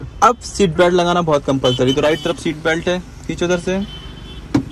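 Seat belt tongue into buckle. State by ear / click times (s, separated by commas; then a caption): not seated / none. A driver's seat belt is pulled across from the right side while someone talks, but the metal tongue has not yet been pushed into the buckle. A short sharp sound near 4.5 s ends the clip, and nothing has seated or clicked into the latch yet.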